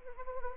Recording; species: mosquito wingbeat signal from an infrared sensor; Anopheles arabiensis